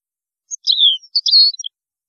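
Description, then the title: European goldfinch singing one quick phrase of high twitters with a drawn-out descending slur. "Chant Chardonneret"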